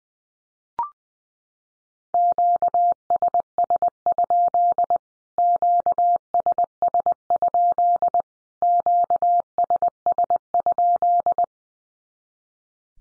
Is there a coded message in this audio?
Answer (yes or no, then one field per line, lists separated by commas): yes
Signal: Morse code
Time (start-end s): 2.1-11.4 s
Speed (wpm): 20 wpm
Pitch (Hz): 700 Hz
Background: none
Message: QSS? QSS? QSS?